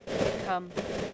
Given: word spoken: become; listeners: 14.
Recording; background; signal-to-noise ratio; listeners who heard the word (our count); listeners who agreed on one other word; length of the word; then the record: one English word in noise, from a listening test; noise modulated by three-talker babble; -3.2 dB; 2 of 14; 10 of 14; 0.74 s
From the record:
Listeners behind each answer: 10, 2, 2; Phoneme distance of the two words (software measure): 14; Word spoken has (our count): 2 syllables, 5 phonemes, stress on syllable 2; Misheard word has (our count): 1 syllable, 3 phonemes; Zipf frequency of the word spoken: 5.28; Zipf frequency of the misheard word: 6.26